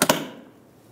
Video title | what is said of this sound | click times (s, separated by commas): How to Replace Rear Reflectors 2010-2014 Subaru Outback | you'll hear them click into place and you're good to go | 0.0 s, 0.1 s